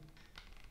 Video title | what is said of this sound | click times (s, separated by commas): Step by Step set up a GoPro Vlogging Rig | that snaps in and that's | 0.4 s